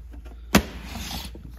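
A purple translucent visor on an Icon Airflite Quarterflash helmet, mounted by lining up its tabs and rotating it, is pushed down into its closed locking position on the helmet shell. A sharp click sounds at 0.6 s, followed by a softer, sustained sliding hiss. The visor is locked into place.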